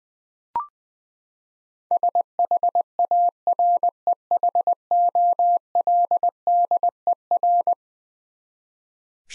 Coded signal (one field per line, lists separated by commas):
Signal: Morse code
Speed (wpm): 20 wpm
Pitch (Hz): 700 Hz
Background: none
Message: SHAREHOLDER